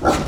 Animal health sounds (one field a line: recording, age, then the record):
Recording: pig call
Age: growing-finishing pig (85 days or more)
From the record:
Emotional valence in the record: positive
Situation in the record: run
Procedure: transit